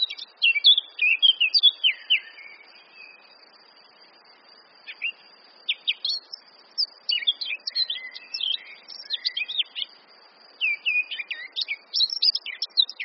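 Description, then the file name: Eurasian blackcap giving repeated bursts of quick, varied warbling and clear whistled notes, with pauses between phrases. "Sylvia atricapilla"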